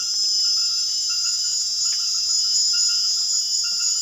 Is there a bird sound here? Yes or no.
no